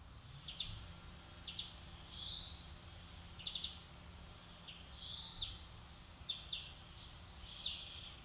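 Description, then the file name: European greenfinch calls: short sharp chips at a high pitch, with two drawn-out wheezy notes that swell and rise, over a low steady rumble. "Chloris chloris"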